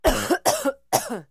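Three short coughs in quick succession from an adult.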